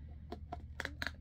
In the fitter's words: there we go it's just a pretty gentle push and it's right in and you know that you got it with the clicks